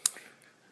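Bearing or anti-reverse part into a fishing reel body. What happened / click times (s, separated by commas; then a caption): A small part snapped into place inside a reel body / 0.1 s. A bearing or anti-reverse part is poked into place near the anti-reverse area of an Evercast Horizon Camo Fishoflauge fishing reel body during a bearing upgrade. It clicks in sharply at 0.1 s, followed by a faint tick around 0.4 s. The part is seated.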